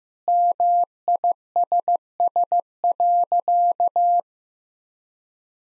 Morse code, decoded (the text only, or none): MISS.